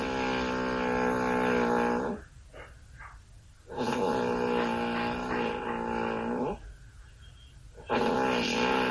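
Adult male sleeper. Loud, motorcycle-like snoring of high intensity that builds in loudness, broken by respiratory pauses; two apneas are heard.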